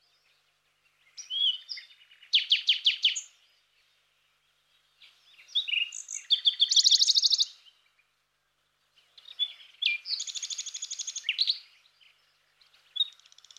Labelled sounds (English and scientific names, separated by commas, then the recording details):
Western Bonelli's Warbler (Phylloscopus bonelli) song
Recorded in the wild
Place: St. Laurent des Arbres und Umgebung, FR
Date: 2006-04-25
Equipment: MiniDisc Sharp MT 20 H
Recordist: Schwarz, Dieter